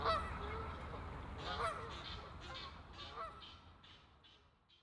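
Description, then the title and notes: Goose: geese giving harsh honks, a run of short nasal calls repeated roughly every second and a half, fading out toward the end over low rumbling background. Geese on the pond of Bouchout castle, Meise botanical garden, Belgium; binaural recording. "Plantentuin, Meise, Belgique - Oies - Geese. Meise, jardin botanique. Des oies sur l'étang du chateau de Bouchout. Meise botanical garden. Geese on the pond of the castle Bouchout"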